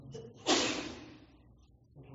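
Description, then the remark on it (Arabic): A single loud sneeze bursts out suddenly, a sharp explosive blast that trails off into a breathy hiss over about half a second, with quiet murmuring before and after. “رحمك الله”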